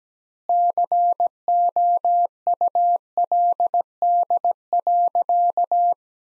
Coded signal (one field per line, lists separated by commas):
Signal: Morse code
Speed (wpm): 17 wpm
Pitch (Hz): 700 Hz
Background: none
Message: COULD.